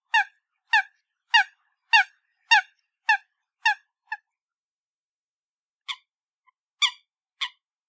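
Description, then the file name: Coot uttering abrupt, ringing single notes repeated steadily about every half second, eight in a row, then a pause before three more. "Coot Bird"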